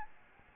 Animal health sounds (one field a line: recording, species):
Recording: mosquito wingbeat signal from an infrared sensor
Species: Aedes albopictus